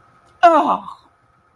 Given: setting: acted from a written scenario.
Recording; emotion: vocal sound without words; disappointment